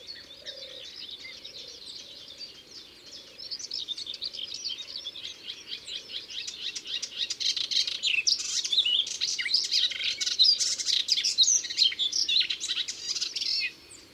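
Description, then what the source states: Melodious warbler giving a long, rapid babbling song that grows louder and denser toward the end, with soft low hoots repeating underneath for most of it. Recorded in Ardèche.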